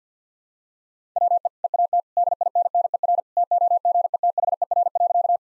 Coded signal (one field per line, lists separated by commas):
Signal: Morse code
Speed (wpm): 50 wpm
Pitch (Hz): 700 Hz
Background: none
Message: WE EAT DINNER TOGETHER.